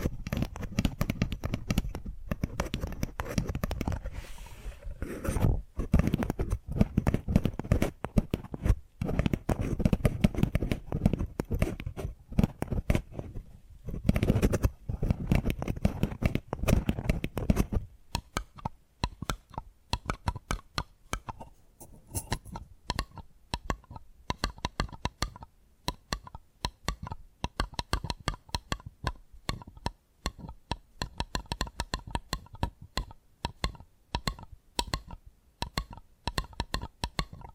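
Quick, dense tapping fills the first eighteen seconds, with fuller, deeper knocks and rustling underneath. After that the taps turn lighter and crisper, a steady patter of separate clicks with brief gaps, sounding a little like snipping scissors.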